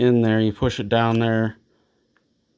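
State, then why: Seated. A replacement cartridge for a two-handle Moen faucet is pushed down into the faucet valve body until its plastic locating notch drops into its slot. Someone talks through the first 1.5 seconds. After a short silence, a faint pop at 2.2 s marks the cartridge seating in place.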